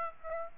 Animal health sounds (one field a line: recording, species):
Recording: mosquito wingbeat signal from an infrared sensor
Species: Aedes aegypti